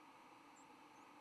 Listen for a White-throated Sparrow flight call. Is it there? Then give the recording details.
no. Another species' flight call is heard. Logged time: 07:33 on 10 November 2014